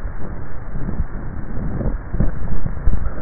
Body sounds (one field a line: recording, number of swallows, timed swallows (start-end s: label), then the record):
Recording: swallowing sounds by neck microphone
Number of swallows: 1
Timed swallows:
2.28-2.92 s: swallow
From the record:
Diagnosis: dysphagia